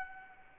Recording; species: mosquito wingbeat signal from an infrared sensor; Anopheles gambiae